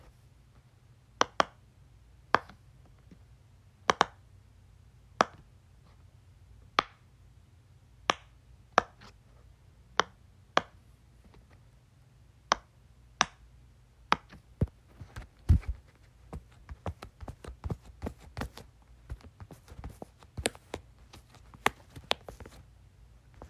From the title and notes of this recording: ASMR Playing with my Pop-It.